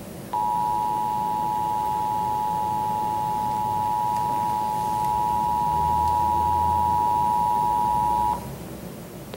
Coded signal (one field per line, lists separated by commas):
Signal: Emergency Alert System (SAME) tones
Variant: 853 and 960 Hz attention tone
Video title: Sage ENDEC alert to TFT EAS911 - Demo EAS Alert